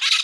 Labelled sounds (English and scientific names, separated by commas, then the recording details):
Brown-throated Parakeet (Eupsittula pertinax) contact call
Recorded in Margarita
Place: San Francisco, near stadium
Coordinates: 11.018, -64.294